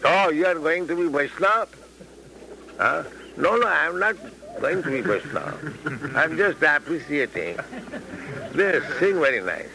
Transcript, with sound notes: "Oh, you are going to be Vaiṣṇava?" "No, no. I am not going to be Vaiṣṇava. [laughter] I'm just appreciating. They sing very nice."